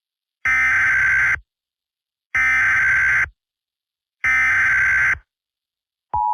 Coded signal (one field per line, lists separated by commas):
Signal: Emergency Alert System (SAME) tones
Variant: header bursts